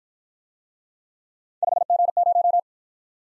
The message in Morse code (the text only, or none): 5G0